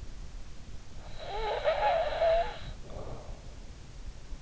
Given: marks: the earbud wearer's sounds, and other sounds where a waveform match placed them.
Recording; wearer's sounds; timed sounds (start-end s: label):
sounds in sleep by an in-ear microphone; snoring breath
1.07-3.46 s: snoring breath